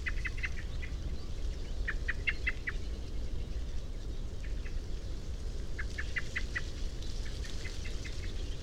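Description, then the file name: Common blackbird giving hard, clicking call notes in several quick clusters, separated by short pauses, with low background rumble throughout. "Turdus merula"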